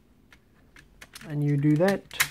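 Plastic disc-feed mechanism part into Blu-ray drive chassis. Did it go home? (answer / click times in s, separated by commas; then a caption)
no / none. While a PS4 CUH-1002A Blu-ray drive is being reassembled to fix a poor, slow disc feed, a plastic disc-feed mechanism part is handled to be clipped onto its corner mounts on the drive chassis, with light plastic taps around 0.3, 0.8, 1.0 and 1.2 s as someone talks. Nothing has seated or clicked yet; the clip ends before the part goes home.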